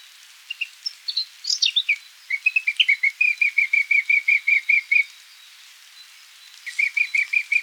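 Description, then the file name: Eurasian blackcap singing a scratchy, varied warble that shifts into a long run of repeated clear notes, pausing before a second brief repeated series. "Sylvia atricapilla"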